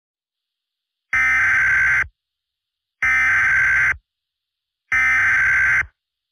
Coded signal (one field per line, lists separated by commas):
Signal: Emergency Alert System (SAME) tones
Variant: header bursts